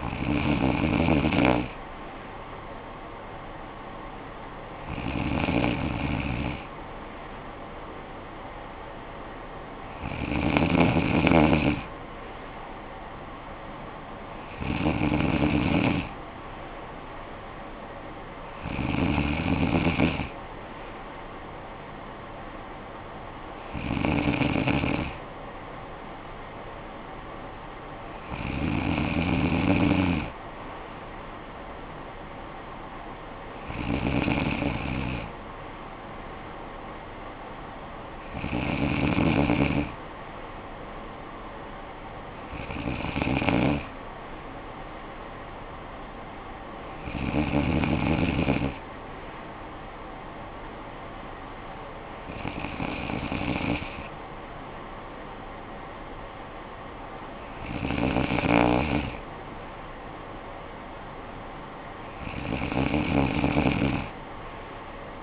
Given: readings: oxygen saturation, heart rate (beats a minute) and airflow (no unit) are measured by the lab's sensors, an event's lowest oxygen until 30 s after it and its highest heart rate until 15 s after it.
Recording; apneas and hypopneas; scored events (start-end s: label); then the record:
breathing in sleep by a voice recorder at the bedside; none
none scored
From the record:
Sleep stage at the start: N2 (light sleep); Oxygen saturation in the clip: 95%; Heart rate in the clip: 51 to 59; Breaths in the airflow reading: 14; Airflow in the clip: -10.8 to 7.3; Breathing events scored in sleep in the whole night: 445 in 7.6 hours asleep